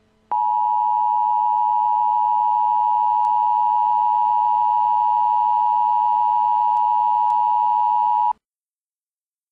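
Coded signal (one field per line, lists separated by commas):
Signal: Emergency Alert System (SAME) tones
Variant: 853 and 960 Hz attention tone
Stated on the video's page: Made-up EAS scenario showing the alert system in realistic or extreme situations.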